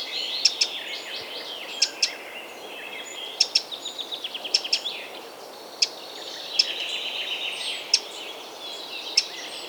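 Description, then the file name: Eurasian wren: hard, clicking ticks every second or so, sometimes doubled, amid continuous fast twittering. "Troglodytes troglodytes"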